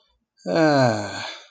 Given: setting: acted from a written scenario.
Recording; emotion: vocal sound without words; disappointment